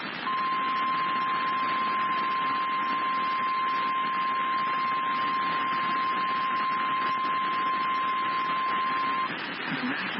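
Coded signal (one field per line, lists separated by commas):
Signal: Emergency Alert System (SAME) tones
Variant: 1050 Hz attention tone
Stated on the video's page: NOAA Weather Radio station in Baltimore carrying a Severe Thunderstorm Warning.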